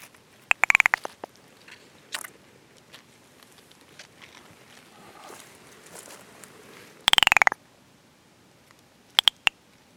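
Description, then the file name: California giant salamander calls: two short, harsh rasping bursts several seconds apart, with scattered clicks and a brief final crackle. "Dicamptodon ensatus"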